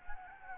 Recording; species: mosquito wingbeat signal from an infrared sensor; Anopheles gambiae